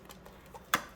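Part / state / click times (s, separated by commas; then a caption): hinged flap on a plastic watercolour palette / seated / 0.7 s. A small hinged plastic flap over a well of an airtight watercolour travel palette is pressed down and snaps into place. Two faint ticks come first, then one sharp, loud click at 0.7 s as the flap seats.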